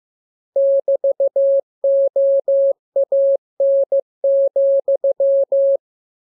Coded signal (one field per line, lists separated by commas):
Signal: Morse code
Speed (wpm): 15 wpm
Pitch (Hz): 550 Hz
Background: none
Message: <BT>OAN,